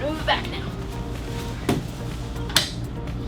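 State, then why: Seated. Someone talks while swiveling the cab chair in a 2018 Coachmen Sportscoach RV back to its forward position, with a duller knock at 1.7 seconds. At 2.6 seconds the swivel seat lock in the seat base engages with a sharp knock, and the chair locks into place.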